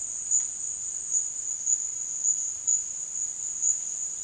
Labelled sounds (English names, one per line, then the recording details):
none
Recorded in dense forest near Puerto Asís, Putumayo, Colombia, on 22 June 2025 at 14:30
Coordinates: 0.466, -76.327
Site GP04